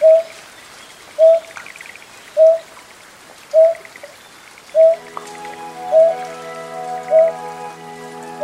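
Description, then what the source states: Greater painted-snipe giving low, round hooting notes repeated about once a second; faint high chirping behind, and steady tonal humming sounds join in the second half. Suburbs of Tokyo, Japan.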